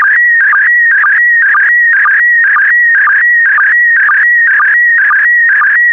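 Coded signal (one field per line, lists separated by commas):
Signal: SSTV (slow-scan television)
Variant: PD120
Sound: steady warbling tone shifting pitch, with a short low blip twice a second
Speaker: transmission complete you can now check your decoded image against the picture that is shown on the video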